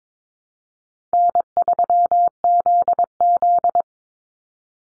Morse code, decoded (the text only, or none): N3ZZ